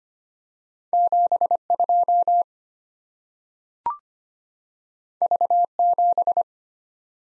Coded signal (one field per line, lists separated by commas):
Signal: Morse code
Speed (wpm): 25 wpm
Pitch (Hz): 700 Hz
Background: none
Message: 7 2 V 7